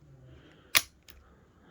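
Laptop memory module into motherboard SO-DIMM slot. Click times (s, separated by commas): 0.8 s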